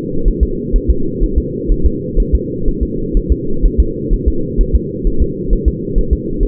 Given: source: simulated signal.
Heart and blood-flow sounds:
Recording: fetal heart sounds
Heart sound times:
0.28 s: S1
0.43 s: S2
0.76 s: S1
0.90 s: S2
1.24 s: S1
1.38 s: S2
1.72 s: S1
1.86 s: S2
2.20 s: S1
2.35 s: S2
2.68 s: S1
2.83 s: S2
3.17 s: S1
3.32 s: S2
3.66 s: S1
3.80 s: S2
4.13 s: S1
4.28 s: S2
4.61 s: S1
4.76 s: S2
5.07 s: S1
5.22 s: S2
5.53 s: S1
5.68 s: S2
5.98 s: S1
6.13 s: S2
6.43 s: S1
From the record:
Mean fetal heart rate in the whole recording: 130 bpm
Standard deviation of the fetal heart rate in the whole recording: 4 bpm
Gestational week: 38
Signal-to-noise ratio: -8.1 dB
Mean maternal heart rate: 72 bpm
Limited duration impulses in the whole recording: absent

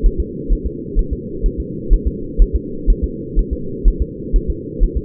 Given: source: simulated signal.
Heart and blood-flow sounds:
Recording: fetal heart sounds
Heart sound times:
0.06 s: S1
0.20 s: S2
0.53 s: S1
0.66 s: S2
0.99 s: S1
1.13 s: S2
1.46 s: S1
1.60 s: S2
1.94 s: S1
2.07 s: S2
2.42 s: S1
2.56 s: S2
2.90 s: S1
3.04 s: S2
3.39 s: S1
3.53 s: S2
3.88 s: S1
4.02 s: S2
4.36 s: S1
4.50 s: S2
4.83 s: S1
4.97 s: S2
From the record:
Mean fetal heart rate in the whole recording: 130 bpm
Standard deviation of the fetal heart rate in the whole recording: 4 bpm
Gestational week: 38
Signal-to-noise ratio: -4.3 dB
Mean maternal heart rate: 72 bpm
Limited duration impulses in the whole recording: absent

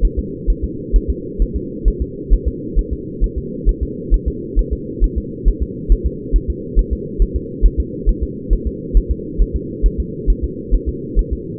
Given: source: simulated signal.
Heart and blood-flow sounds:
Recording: fetal heart sounds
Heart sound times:
0.05 s: S1
0.19 s: S2
0.50 s: S1
0.64 s: S2
0.96 s: S1
1.10 s: S2
1.42 s: S1
1.56 s: S2
1.88 s: S1
2.02 s: S2
2.33 s: S1
2.48 s: S2
2.79 s: S1
2.93 s: S2
3.24 s: S1
3.38 s: S2
3.69 s: S1
3.83 s: S2
4.14 s: S1
4.28 s: S2
4.59 s: S1
4.73 s: S2
5.04 s: S1
5.18 s: S2
5.48 s: S1
5.63 s: S2
5.92 s: S1
6.06 s: S2
6.36 s: S1
6.50 s: S2
6.79 s: S1
6.93 s: S2
7.22 s: S1
7.36 s: S2
7.66 s: S1
7.80 s: S2
8.09 s: S1
8.23 s: S2
8.53 s: S1
8.67 s: S2
8.97 s: S1
9.11 s: S2
9.41 s: S1
9.56 s: S2
9.86 s: S1
10.00 s: S2
10.30 s: S1
10.44 s: S2
10.75 s: S1
10.89 s: S2
11.19 s: S1
11.33 s: S2
From the record:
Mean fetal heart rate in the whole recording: 135 bpm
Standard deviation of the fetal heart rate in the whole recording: 3 bpm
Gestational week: 36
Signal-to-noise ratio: -4.1 dB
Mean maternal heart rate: no maternal heart sound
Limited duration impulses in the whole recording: absent

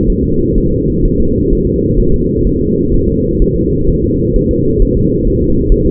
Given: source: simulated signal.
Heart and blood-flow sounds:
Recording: fetal heart sounds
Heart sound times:
0.10 s: S1
0.24 s: S2
0.58 s: S1
0.72 s: S2
1.05 s: S1
1.20 s: S2
1.53 s: S1
1.67 s: S2
2.00 s: S1
2.14 s: S2
2.47 s: S1
2.61 s: S2
2.94 s: S1
3.09 s: S2
3.42 s: S1
3.56 s: S2
3.89 s: S1
4.04 s: S2
4.36 s: S1
4.51 s: S2
4.82 s: S1
4.97 s: S2
5.27 s: S1
5.42 s: S2
5.72 s: S1
5.86 s: S2
From the record:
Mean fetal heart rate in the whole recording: 130 bpm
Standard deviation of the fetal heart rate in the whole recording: 4 bpm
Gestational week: 38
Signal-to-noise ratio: -15.3 dB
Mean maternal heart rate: 72 bpm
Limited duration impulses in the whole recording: present

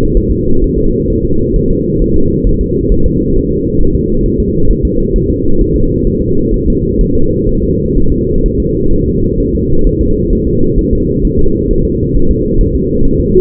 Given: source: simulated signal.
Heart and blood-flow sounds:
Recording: fetal heart sounds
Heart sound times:
0.17 s: S1
0.31 s: S2
0.64 s: S1
0.78 s: S2
1.10 s: S1
1.25 s: S2
1.56 s: S1
1.71 s: S2
2.02 s: S1
2.16 s: S2
2.47 s: S1
2.61 s: S2
2.92 s: S1
3.06 s: S2
3.36 s: S1
3.51 s: S2
3.81 s: S1
3.95 s: S2
4.26 s: S1
4.40 s: S2
4.71 s: S1
4.85 s: S2
5.16 s: S1
5.30 s: S2
5.61 s: S1
5.76 s: S2
6.07 s: S1
6.22 s: S2
6.54 s: S1
6.68 s: S2
7.01 s: S1
7.15 s: S2
7.49 s: S1
7.63 s: S2
7.97 s: S1
8.12 s: S2
8.46 s: S1
8.60 s: S2
8.93 s: S1
9.08 s: S2
9.40 s: S1
9.55 s: S2
9.87 s: S1
10.01 s: S2
10.33 s: S1
10.47 s: S2
10.79 s: S1
10.93 s: S2
11.25 s: S1
11.39 s: S2
11.71 s: S1
11.85 s: S2
12.16 s: S1
12.31 s: S2
12.61 s: S1
12.75 s: S2
13.05 s: S1
13.19 s: S2
From the record:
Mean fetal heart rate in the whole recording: 130 bpm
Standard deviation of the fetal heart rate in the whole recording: 4 bpm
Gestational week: 38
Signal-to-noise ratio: -17.7 dB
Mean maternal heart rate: 72 bpm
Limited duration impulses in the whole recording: present

